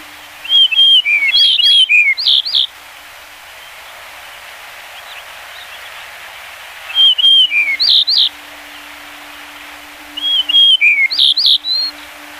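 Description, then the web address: Yellow-breasted bunting sings three phrases at irregular intervals, each a quick series of clear whistled and slurred notes, with light hiss and an intermittent low hum between. "sikioto. shimaaozi"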